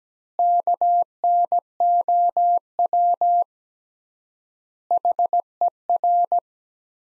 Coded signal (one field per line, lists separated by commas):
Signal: Morse code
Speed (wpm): 17 wpm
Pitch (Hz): 700 Hz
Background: none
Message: KNOW HER